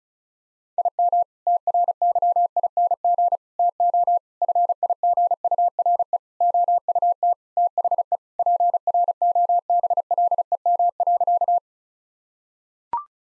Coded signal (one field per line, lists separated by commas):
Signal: Morse code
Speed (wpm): 36 wpm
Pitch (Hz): 700 Hz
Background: none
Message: IM TRYING TO FIGURE OUT THE PROBLEM.